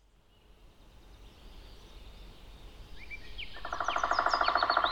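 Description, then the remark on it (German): A great spotted woodpecker, a black-and-white bird with red patches, drums on a tree trunk high up in a tree in a fast, rattling burst of knocks that swells in loudness over the last second or two, with faint high bird chirps mixed in above. “Da klopft einer. Immer wieder. Ja, ein Specht. Der sitzt da oben im Baum.”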